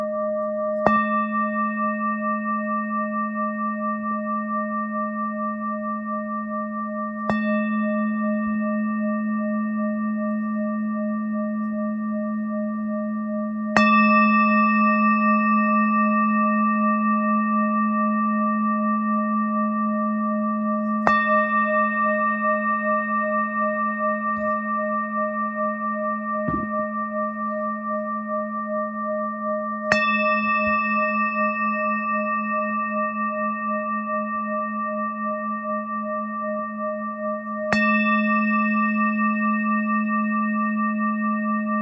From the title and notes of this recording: Immerse yourself in the enchanting melodies of Sound Alchemist Julie Jewels Smoot as she skillfully plays the captivating tones of Breath of Light on her Tibetan Singing Bowl. Crafted in the harmonious keys of D# and G, this exquisite instrument resonates with a soothing and ethereal sound.